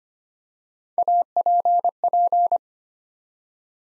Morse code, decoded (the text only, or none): APP